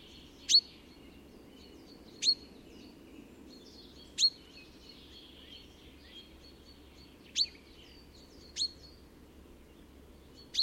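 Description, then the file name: Common chaffinch repeating a single sharp, high call note at irregular intervals of about one to three seconds. "Fringilla coelebs"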